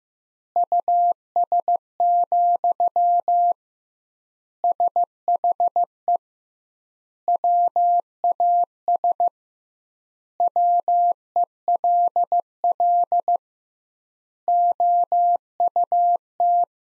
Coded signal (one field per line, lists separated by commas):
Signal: Morse code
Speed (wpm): 15 wpm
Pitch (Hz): 700 Hz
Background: none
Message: US, SHE WAS WELL OUT